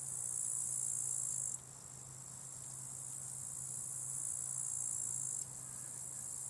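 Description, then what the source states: Cricket chirping in a dense high trill that swells, then drops away sharply at about one and a half seconds and slowly builds again, with a low steady hum beneath. Crickets at a small spot beside a hiking path with wild natural meadows at Lake Wolfgangsee, Strobl, Austria; some traffic audible; recorded with SD702t and MKH8040.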